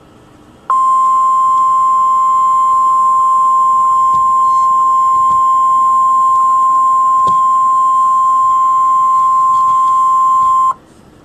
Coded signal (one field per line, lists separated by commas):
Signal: Emergency Alert System (SAME) tones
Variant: 1050 Hz attention tone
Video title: EAS #701: Severe Weather Statement (5/31/2013)